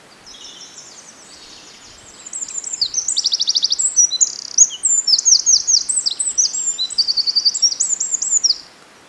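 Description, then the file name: Eurasian wren song: after a quiet start, a long, very fast, high-pitched outpouring of trills and tinkling notes lasting about six seconds over faint background hiss. "Troglodytes troglodytes"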